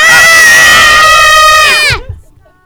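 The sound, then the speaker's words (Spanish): Loud, sustained high-pitched screaming from several people at once, in reaction to someone turning their eyelids inside out, a shrill wall of overlapping voices that holds steady for about two seconds and then cuts off abruptly. “Bueno, aquí tenemos un grito porque aquí se están volteando los párpados.”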